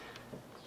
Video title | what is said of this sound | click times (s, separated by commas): HOW TO: Mac Mini RAM Upgrade | push it back until it clicks | 0.2 s